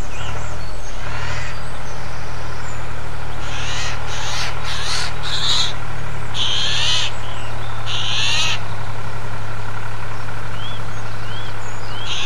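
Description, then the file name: Eurasian jay giving several harsh, rasping screeches over a steady low engine drone, with faint thin bird notes near the end. Heard alongside a tractor on 10 April 2007, captured with an MZ-N710 recorder. "MZ-N 710 Geai et tracteur 10 04 07"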